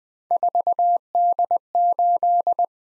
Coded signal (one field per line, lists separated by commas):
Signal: Morse code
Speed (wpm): 20 wpm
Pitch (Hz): 700 Hz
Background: none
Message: 4D8